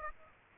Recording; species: mosquito wingbeat signal from an infrared sensor; Aedes aegypti